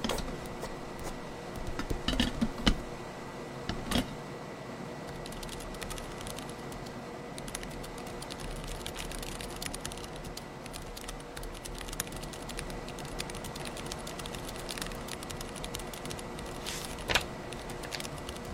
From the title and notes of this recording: Late-night coffee bar in 2024, typing, handwriting, flipping through.